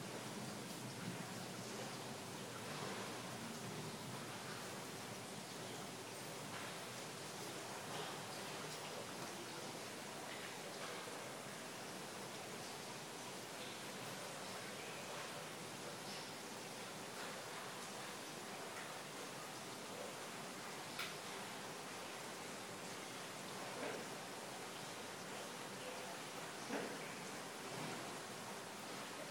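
Rain falls steadily in a dense, even hiss that holds its level for the whole stretch, with little low rumble. Brighter drips and taps stand out now and then, a few sharper ones near the middle and toward the end.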